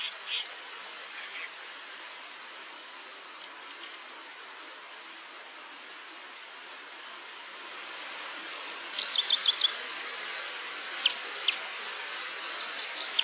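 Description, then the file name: White-throated dipper song of thin, high, scratchy chirps in scattered bursts over a steady rush of flowing water. "PLUSZCZ"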